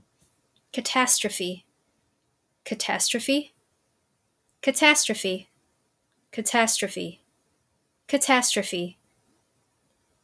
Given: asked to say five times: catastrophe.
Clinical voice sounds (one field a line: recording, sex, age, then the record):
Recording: repeated word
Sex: female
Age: 30 to 39 years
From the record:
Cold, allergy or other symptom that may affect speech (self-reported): no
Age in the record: 33 years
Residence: Illinois, United States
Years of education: 16